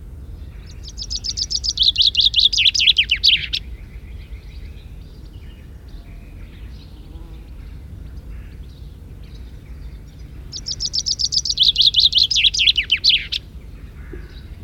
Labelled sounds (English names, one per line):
Common Chaffinch song